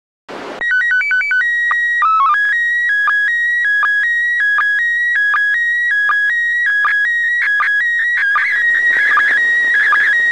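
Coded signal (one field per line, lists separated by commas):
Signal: SSTV (slow-scan television)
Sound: brief hiss, then a loud warbling tone jumping between pitches with short low blips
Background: radio static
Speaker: god this is so strong you realize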